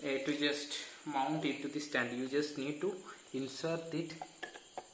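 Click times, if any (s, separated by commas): 4.4 s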